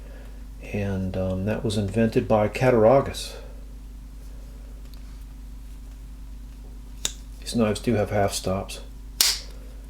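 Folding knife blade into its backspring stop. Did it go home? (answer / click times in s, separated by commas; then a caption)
yes / 9.2 s. The blade of a WW2 military pocket knife is worked against its stiff backspring and snaps sharply into its stop at 9.2 seconds. Someone talks between about 0.7 and 3.2 seconds and again around 7.6 to 8.7 seconds, with a sharp click at 7.1 seconds. A steady low hum runs under the whole clip.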